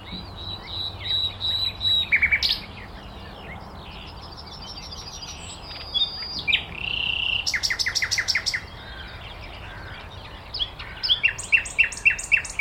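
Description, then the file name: Common nightingale song in several varied phrases: sharp high notes, a whistled note, a fast clicking series, and a final run of rapid repeated notes. "Luscinia megarhynchos"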